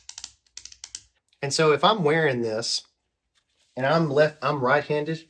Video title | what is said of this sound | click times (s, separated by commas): "Light is your NUMBER ONE security tool" • Four lights reviewed that you could use for security | and it does lock into place which is really nice and really cool if you hear those clicks | 0.1 s, 0.2 s, 0.6 s, 0.8 s, 0.9 s